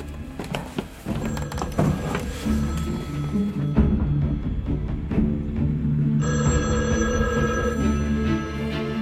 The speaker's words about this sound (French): Oui, il y a le téléphone qui sonne à la mairie.